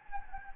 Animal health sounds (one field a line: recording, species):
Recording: mosquito wingbeat signal from an infrared sensor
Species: Anopheles gambiae